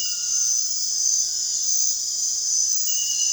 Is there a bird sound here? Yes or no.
no